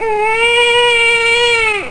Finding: Baby cry.